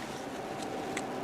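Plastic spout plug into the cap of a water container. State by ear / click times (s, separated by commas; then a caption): seated / 1.0 s. A small plastic spout plug is pushed into the plastic cap of a water container or bladder. Over a steady low background, a single sharp click sounds at 0.97 s as the plug seats in the cap.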